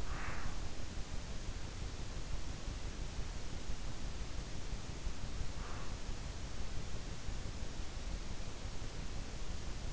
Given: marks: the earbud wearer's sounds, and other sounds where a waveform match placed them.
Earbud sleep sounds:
sounds in sleep by an in-ear microphone; breath
0.00-0.64 s: breath
5.43-6.01 s: breath

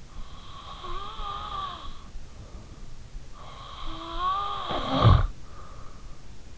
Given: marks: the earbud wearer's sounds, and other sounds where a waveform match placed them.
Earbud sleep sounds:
sounds in sleep by an in-ear microphone; snoring breath
0.09-2.37 s: snoring breath
3.34-5.86 s: snoring breath

